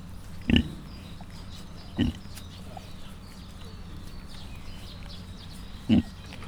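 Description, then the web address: Mangalica pig grunts, three brief low grunts, two close together and a last one after a pause of several seconds, over a background hum. Five cat-sized suckling Mangalica piglets at Miskolc Zoo, 2018. "allathangok miskolcizoo 2018 mangalica otmacskanagysaguszoposmalac miskolczoo"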